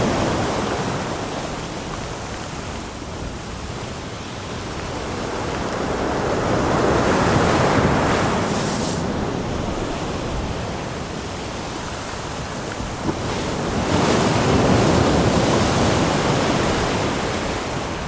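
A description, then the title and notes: Ocean waves wash in a continuous, dense roar, swelling around seven seconds and again near fourteen to sixteen seconds before easing back. The hiss is full, spread from low rumble to bright spray, with a faint wind-like whoosh underneath. Ocean Waves Sleep White Noise. Water Sounds Ambient Noise White Noise.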